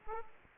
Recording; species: mosquito wingbeat signal from an infrared sensor; Aedes aegypti